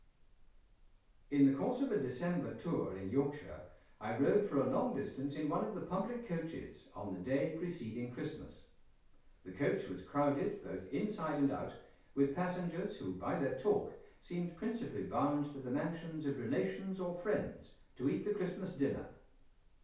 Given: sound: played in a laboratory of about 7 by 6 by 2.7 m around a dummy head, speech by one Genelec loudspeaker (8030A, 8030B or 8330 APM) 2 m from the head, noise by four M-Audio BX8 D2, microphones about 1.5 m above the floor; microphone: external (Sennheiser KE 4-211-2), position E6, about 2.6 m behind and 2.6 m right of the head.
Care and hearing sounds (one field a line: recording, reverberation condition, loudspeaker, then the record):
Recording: male speech in English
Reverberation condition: medium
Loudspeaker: 60 degrees to the right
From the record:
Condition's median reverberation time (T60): about 510 ms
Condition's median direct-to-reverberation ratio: about -0.5 dB